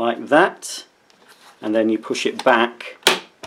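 Someone talks while handling the plastic bin closure on the dust bin of a Dyson Small Ball Multifloor vacuum cleaner, lining its lip up with the hole and pushing it back toward closed. A short, sharp handling noise comes near the end of the clip. The closure has not yet seated or clicked into position.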